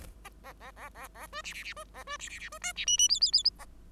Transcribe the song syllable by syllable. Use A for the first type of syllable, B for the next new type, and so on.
A A A A A B C C C B A B C C C B D C E E F F F